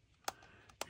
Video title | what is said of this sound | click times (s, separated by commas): Programming a Mechanical Timer | you can hear them click | 0.3 s, 0.8 s